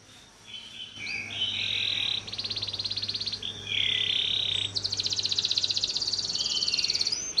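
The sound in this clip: Bird song: long high tonal notes alternate with fast rattling trills, ending in a sustained buzzy trill, over a faint low hum.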